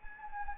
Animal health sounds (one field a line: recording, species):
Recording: mosquito wingbeat signal from an infrared sensor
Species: Anopheles gambiae